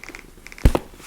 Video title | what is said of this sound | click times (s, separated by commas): ASMR Over-Explaining Objects for Tingles (soft speaking) | It's magnetic, so it is very satisfying the way that it clicks into place. | 0.8 s